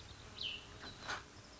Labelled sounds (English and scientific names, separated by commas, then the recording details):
Cassin's Vireo (Vireo cassinii)
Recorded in Sonoma County, California